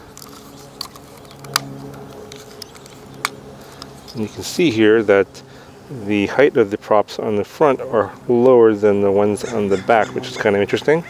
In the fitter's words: know make sure that they're locked